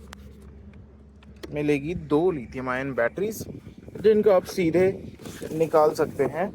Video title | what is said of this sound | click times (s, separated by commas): Hero VIDA V1 2024 electric scooter walkaround -- Full Features & Details -- @vidaworldofficial | इसको press करके इस तरह से यह लॉक हो जाएगी | 0.1 s